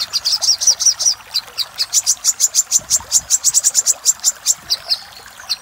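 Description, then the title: Little spiderhunter singing a long, fairly even series of piercing high chips. Song used for training caged birds; the song variant is called Labaik. "Masteran Burung Sogok Ontong Labaik"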